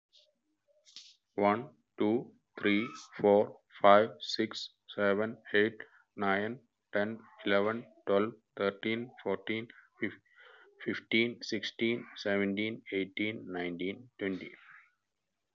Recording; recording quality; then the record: counting at a normal pace; excellent, no background noise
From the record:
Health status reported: healthy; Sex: male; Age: 42 years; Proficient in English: yes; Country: India